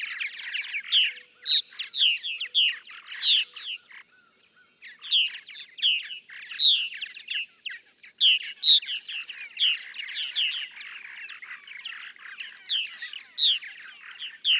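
Purple martin gurgling song: bursts of liquid, throaty chirps, a brief pause near four seconds, then steady warbled chatter resuming.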